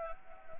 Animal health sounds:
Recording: mosquito wingbeat signal from an infrared sensor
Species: Anopheles gambiae

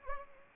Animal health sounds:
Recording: mosquito wingbeat signal from an infrared sensor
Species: Anopheles arabiensis

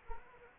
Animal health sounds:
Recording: mosquito wingbeat signal from an infrared sensor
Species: Anopheles gambiae

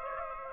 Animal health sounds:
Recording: mosquito wingbeat signal from an infrared sensor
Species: Aedes aegypti

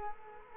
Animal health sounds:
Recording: mosquito wingbeat signal from an infrared sensor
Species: Culex quinquefasciatus

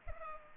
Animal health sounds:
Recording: mosquito wingbeat signal from an infrared sensor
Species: Culex pipiens

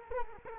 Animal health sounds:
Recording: mosquito wingbeat signal from an infrared sensor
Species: Culex quinquefasciatus

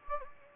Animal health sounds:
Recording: mosquito wingbeat signal from an infrared sensor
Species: Anopheles gambiae

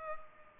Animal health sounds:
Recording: mosquito wingbeat signal from an infrared sensor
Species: Culex pipiens

